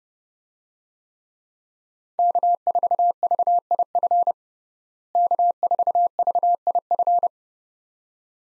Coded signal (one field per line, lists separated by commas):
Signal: Morse code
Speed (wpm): 30 wpm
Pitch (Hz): 700 Hz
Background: none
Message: K4VIF K4VIF